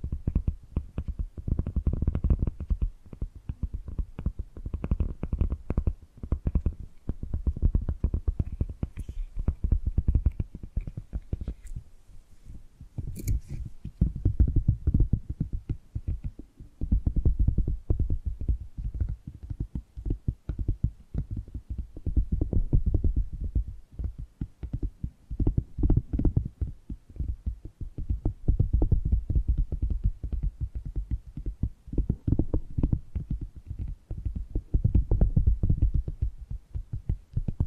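Tapping and gripping sounds come as dense, rapid clusters of soft, low, muffled knocks, with the odd brighter tick. The rhythm is busy and uneven, with short lulls near 12, 16 and 26 seconds before the tapping picks up again.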